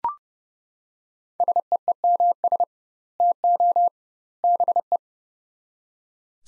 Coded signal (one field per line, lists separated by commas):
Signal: Morse code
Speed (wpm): 30 wpm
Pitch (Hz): 700 Hz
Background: none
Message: SEEMS TO BE